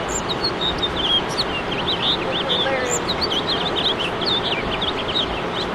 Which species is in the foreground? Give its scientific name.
Haemorhous mexicanus